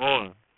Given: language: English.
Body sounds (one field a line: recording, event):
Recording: throat vibration sensor signal played as sound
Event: speech